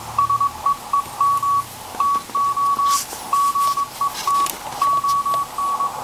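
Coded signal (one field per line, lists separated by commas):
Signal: Morse code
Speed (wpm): 21 wpm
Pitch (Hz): 1130 Hz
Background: none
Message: SEEM TO GET ON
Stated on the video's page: Received signal compared on an outdoor longwire antenna versus an indoor magnetic loop in an attic.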